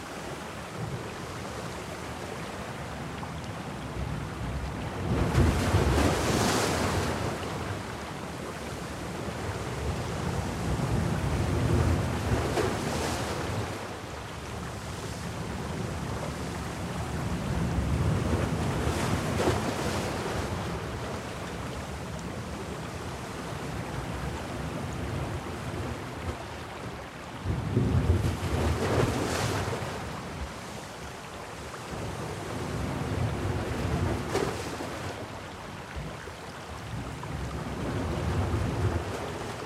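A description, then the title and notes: Waves wash through rocky crevices along a shore, each surge swelling into a bright, hissing rush every five to eight seconds before draining away. A deep rumble runs underneath throughout, and gusts of wind buffet the microphone between the surges. Rocky shores. The melodic sound of waves gracefully traversing through rocky crevices along the coastline of Krorez Bay awakens the senses. This remote location in Albania beckons with its serene allure. Recorded by Rafael Diogo.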